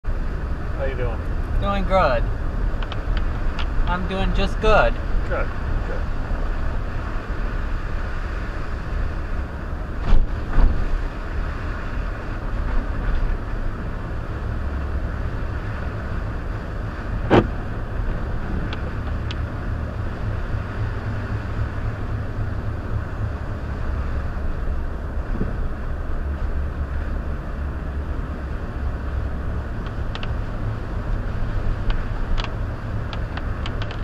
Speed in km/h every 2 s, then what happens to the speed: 24, 26, 26, 26, 26, 26, 27, 29, 29, 31, 32, 31, 24, 24, 27, 29, 31.
0-22 speeds up to 31. 22-24 brakes to 24. 24-34 steady at about 27.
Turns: none.